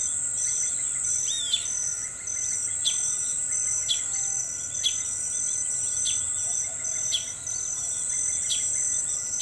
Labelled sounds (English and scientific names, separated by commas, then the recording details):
Great Kiskadee (Pitangus sulphuratus)
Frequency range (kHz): Great Kiskadee (Pitangus sulphuratus) 2.3-5.5 kHz
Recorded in forest near Pivijay, Magdalena, Colombia, on 15 April 2023 at 05:30
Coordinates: 10.467, -74.380
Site Z5-G034